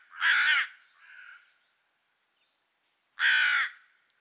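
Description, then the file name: Carrion crow giving two loud harsh caws about three seconds apart, with a quieter note just after the first. "Corvus corone"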